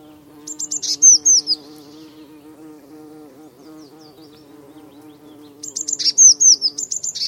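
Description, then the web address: Eurasian blue tit calls: high ticking notes ending in thin descending whistles, given twice about five seconds apart, over a steady low hum. "Deverinetal Bird Only Cy Ca"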